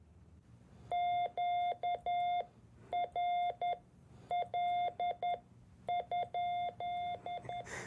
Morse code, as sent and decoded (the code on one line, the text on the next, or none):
--.- .-. .-.. ..--..
QRL?